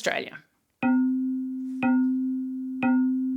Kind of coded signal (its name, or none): none